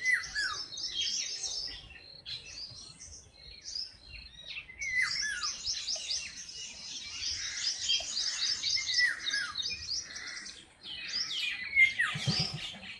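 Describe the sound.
Birds singing in a lively chorus of fast chirps and downslurred whistles, briefly thinning near the start before building again.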